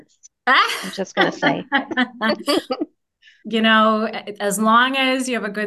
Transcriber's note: laughter